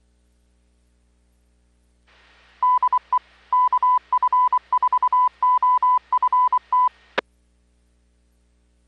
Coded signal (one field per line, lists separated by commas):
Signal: Morse code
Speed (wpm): 24 wpm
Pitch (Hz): 1000 Hz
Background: none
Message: DE KF4OFT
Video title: KC9VKV HAM RADIO QSO-VLOG - GLENN-KO4OL - 7/7/17 - THE INDY HAM FEST!!! - JIM'S RADIO STORY